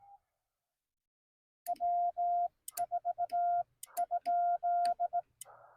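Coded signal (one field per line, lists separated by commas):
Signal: Morse code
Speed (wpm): 18 wpm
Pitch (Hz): 700 Hz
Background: none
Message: W4?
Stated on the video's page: CW Parks on the Air activation by a newbie, Yaesu FT-891 with a 17-foot telescoping whip.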